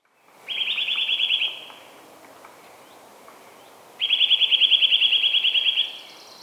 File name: Sitta europaea